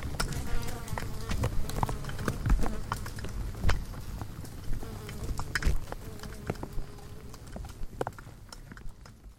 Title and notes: Hundreds of Bugs. One Lightbulb. a bulb hanging on the porch of a wildlife ranch in South Africa. Angélica Castelló